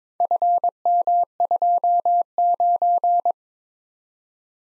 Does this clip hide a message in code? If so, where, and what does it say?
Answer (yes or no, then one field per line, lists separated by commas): yes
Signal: Morse code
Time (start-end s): 0.2-3.3 s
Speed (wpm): 22 wpm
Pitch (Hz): 700 Hz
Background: none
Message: FM29